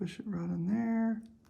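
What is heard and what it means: A watch crown and stem are being handled for pushing into the movement of an Orient Mako II or Ray II, while someone talks throughout. Nothing has seated or clicked yet; the clip ends before the part goes home.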